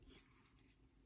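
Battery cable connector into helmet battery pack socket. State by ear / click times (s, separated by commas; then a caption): not seated / none. A battery cable connector is pushed into its socket on a helmet night-vision battery pack, giving a short, faint tap around 0.6 s over a low background hum. The connector has not locked in; nothing has seated or clicked yet.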